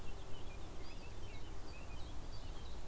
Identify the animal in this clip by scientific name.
Sylvia atricapilla